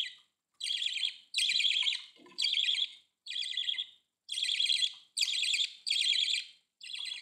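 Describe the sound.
Budgerigar calls, buzzy chattering bursts repeated in quick succession with short pauses between them.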